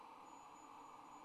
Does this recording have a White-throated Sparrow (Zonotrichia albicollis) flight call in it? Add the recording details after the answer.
no. No flight call is heard. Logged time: 06:47 on 26 November 2014